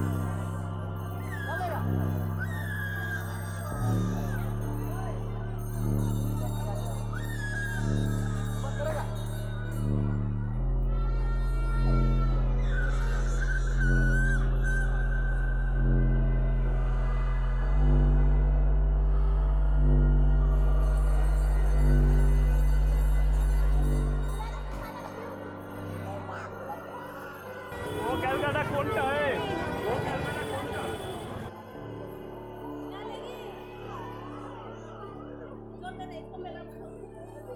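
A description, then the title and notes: A Durga Pujo festival scene, built on a loud, low droning hum that shifts pitch in steady blocks every few seconds, with voices and crowd chatter layered on top. Around the half-minute mark a bright, noisy burst cuts through, then the drone returns more quietly. Durga Pujo Soundscape. This piece was initially created to supplement an ethnographic study of Durga Pujo celebrations in New Delhi. Rather than simply presenting the field recordings as they are, they have been edited and compiled in such a way that they flow from one to the other.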